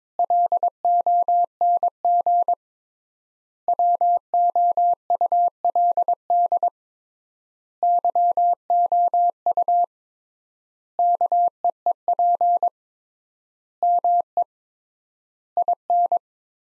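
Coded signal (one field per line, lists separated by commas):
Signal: Morse code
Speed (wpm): 22 wpm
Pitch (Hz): 700 Hz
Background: none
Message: LONG WOULD YOU KEEP ME IN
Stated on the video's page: Morse sentences from the top 500 words at 22 wpm with 3x word spacing, a Farnsworth-like copying drill.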